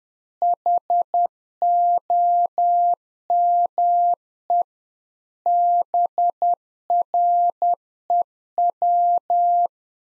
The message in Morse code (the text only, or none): HOME BREW